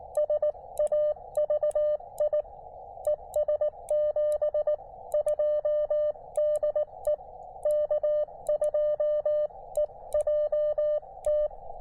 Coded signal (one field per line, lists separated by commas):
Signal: Morse code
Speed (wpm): 18 wpm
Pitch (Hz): 590 Hz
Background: radio noise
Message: SAVI ES 72 DE K2EJT